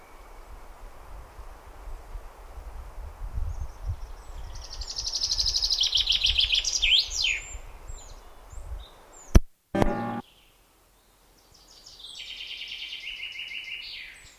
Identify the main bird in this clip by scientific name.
Fringilla coelebs